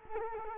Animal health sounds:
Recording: mosquito wingbeat signal from an infrared sensor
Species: Culex quinquefasciatus

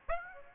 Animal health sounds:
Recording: mosquito wingbeat signal from an infrared sensor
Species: Aedes aegypti

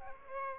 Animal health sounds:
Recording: mosquito wingbeat signal from an infrared sensor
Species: Aedes aegypti

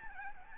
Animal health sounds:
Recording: mosquito wingbeat signal from an infrared sensor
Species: Aedes albopictus

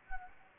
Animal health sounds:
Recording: mosquito wingbeat signal from an infrared sensor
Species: Anopheles gambiae

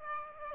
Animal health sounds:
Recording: mosquito wingbeat signal from an infrared sensor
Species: Aedes aegypti

